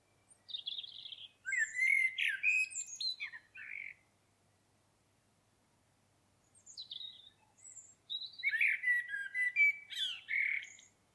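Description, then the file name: Common blackbird song: two phrases of low fluty warbling and squeaky high twittering, separated by a few seconds of silence. "Turdus merula"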